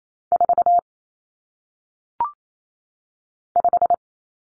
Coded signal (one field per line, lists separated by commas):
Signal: Morse code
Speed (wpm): 28 wpm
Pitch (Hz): 700 Hz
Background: none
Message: 4 5